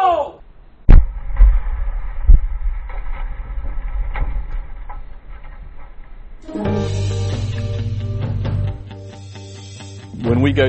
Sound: explosion

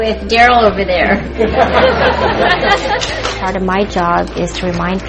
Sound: laughter

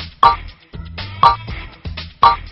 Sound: buzzer

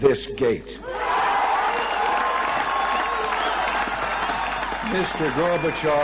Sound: cheering

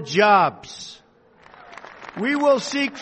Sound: applause

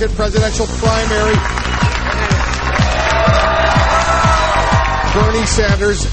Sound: cheers and applause

